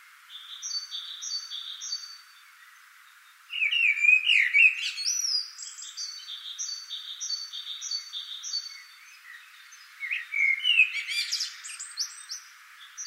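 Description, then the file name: Common blackbird song: two warbled phrases with scratchy high endings, while another bird repeats paired whistled notes in a steady rhythm before and between them. "Turdus merula"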